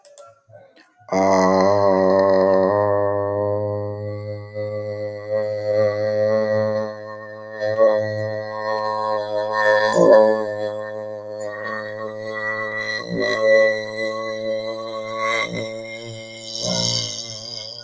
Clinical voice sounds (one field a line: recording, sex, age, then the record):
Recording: vowel held as long as possible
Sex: male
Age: 20 to 29 years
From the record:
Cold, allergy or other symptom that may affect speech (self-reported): no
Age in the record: 28 years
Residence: United Kingdom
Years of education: 16